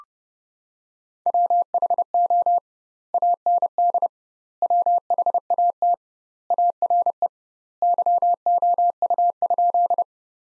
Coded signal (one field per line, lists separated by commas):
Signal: Morse code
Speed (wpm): 30 wpm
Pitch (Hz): 700 Hz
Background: none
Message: WHO AND WHAT ARE YOU?